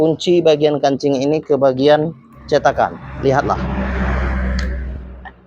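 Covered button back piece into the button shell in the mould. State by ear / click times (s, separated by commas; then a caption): seated / 4.6 s. Someone talks, then presses the back piece of a fabric-covered curtain button onto the button shell in the mould to lock it. Under a steady low rumble, a single sharp, short click sounds at 4.6 seconds as the back snaps locked into its shell.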